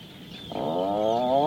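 Atlantic puffin uttering a single drawn-out, low moaning call that begins abruptly and swells slightly as it continues.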